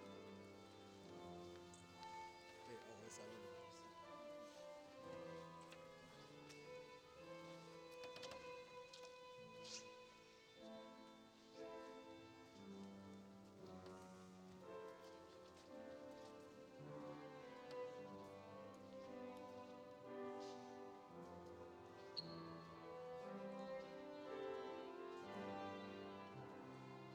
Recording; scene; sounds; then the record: everyday scene through a hearing-aid microphone; reverberant space; music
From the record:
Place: church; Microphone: in the ear canal, left